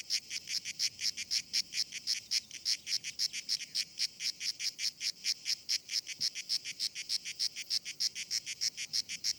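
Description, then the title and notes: Grey cicada song of rapid grating pulses in a regular beat. Most abundant and best-known cicada; its particular rhythm makes it easy to recognise; called Cacan in Provence. "Nouvelle cigale dans &quot;ECOUTEZ NATURE&quot"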